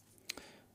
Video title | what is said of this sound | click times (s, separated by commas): KOSPET Magic R10 GPS Smartwatch - Unboxing & Full REVIEW | Okay. Till it clicks inside. | 0.3 s